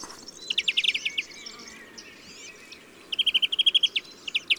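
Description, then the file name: European greenfinch trills: two quick bursts of rapid repeated chirps separated by a quieter stretch of soft twittering and background hiss, then the start of a third burst at the very end. "Chloris chloris"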